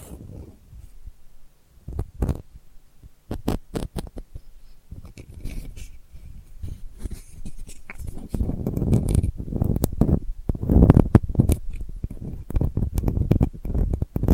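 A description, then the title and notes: Delicate scratching with soft, irregular scrapes and sharp clicks, sparse at first, growing busier and fuller with low rustling after eight seconds. ASMR Delicate Scratching for Sleep (No Talking).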